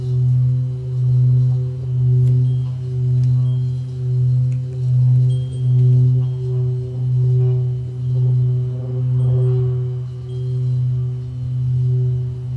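A Tibetan singing bowl rings in a low, sustained hum, its tone swelling and fading in a slow, regular pulse about every second. Faint higher overtones shimmer above the deep drone, which stays steady throughout, with occasional soft ticks in the background.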